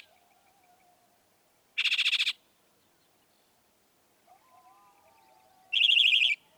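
Northern mockingbird song: two dense rattling bursts several seconds apart.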